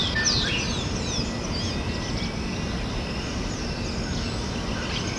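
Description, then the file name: Eastern slaty thrush song: thin, high, squeaky whistled notes and short slurred phrases scattered throughout, over a constant low rumbling background noise. Itatiaia National Park, Rio de Janeiro state, Brazil; recorded 9-10-95. "Turdus-subalaris-PNItatiaia-RJ-9-10-95-ASilveira"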